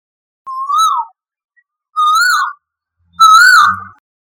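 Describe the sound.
Koel calling: three loud, rising whistled notes, each swelling upward, growing slightly louder.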